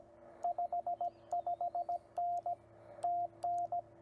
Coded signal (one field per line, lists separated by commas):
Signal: Morse code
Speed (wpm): 17 wpm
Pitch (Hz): 700 Hz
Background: radio noise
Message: 55N TN